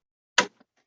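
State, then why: Seated. A part on a Brother XL-3010 domestic sewing machine is pushed into place after several failed tries. A single sharp click is heard at 0.4 s, followed by a much fainter tick around 0.6 s, and the part snaps into place.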